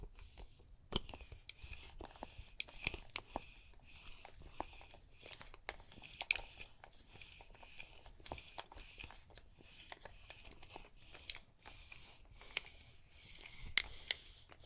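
A neck and shoulders massage with layered sounds and no talking. Sharp crackles and taps land irregularly, a few every second, over a steady soft hiss and a low rumble, with occasional louder crisp snaps near six and fourteen seconds.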